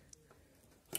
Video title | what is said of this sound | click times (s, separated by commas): omracer's tutorials: How to build a PC | And you hear the click. | 0.9 s